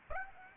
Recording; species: mosquito wingbeat signal from an infrared sensor; Aedes aegypti